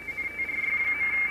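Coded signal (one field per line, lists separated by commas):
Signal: RTTY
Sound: rapid warbling between two close high tones, teletype chatter over hiss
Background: radio static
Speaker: so you can hear it there in the speaker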